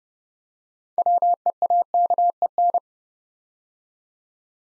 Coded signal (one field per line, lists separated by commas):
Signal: Morse code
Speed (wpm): 30 wpm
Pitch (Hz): 700 Hz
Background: none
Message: WEAKEN